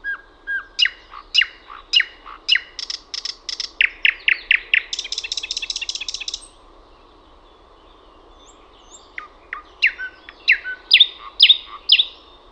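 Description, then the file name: Thrush nightingale song opening with a steady series of loud clicking notes that speed into a buzzy rattle, then after a pause more sharp notes. "SATAKIELI"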